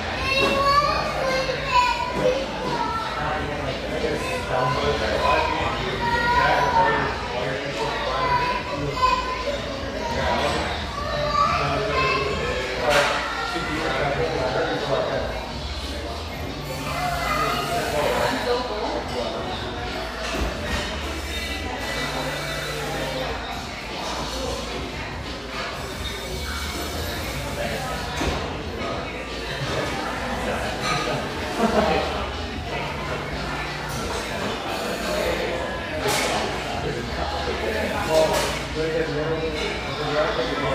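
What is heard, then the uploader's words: A coffeehouse hums with overlapping conversation, a dense, steady murmur of voices with no single speaker standing out. Short clinks and clatters of cups and dishes pop up every few seconds, and a low, pulsing hum runs underneath throughout. The coffee rush fades to a mid-morning lull in this sunlight coffeehouse, tucked behind a bakery near this coastal California paradise.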